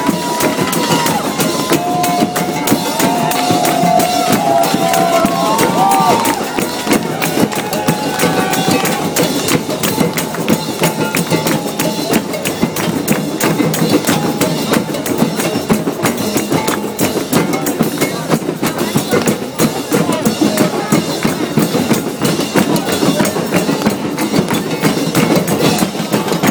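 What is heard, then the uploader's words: A dense, steady outdoor crowd at a protest drum circle, busy overlapping chatter and clatter, with brief tonal whistles or voices early. Protest Drum Circle? at Zuccotti Park.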